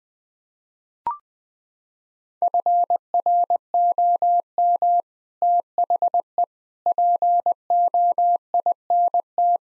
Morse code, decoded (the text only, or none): FROM THE POINT